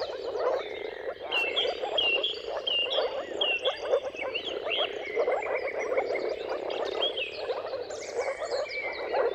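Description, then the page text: Moor frog chorus of dense, low bubbling calls rising and falling slightly in loudness, with a busy layer of bird song and whistled phrases above. Dawn chorus of moor frogs giving mating calls at sunrise, at the turn of March and April, timing depending on the weather. "Jakub-Orzecki moor frogs. Depending on the weather at the turn of March and April, you can witness an amazing spectacle of moor frogs"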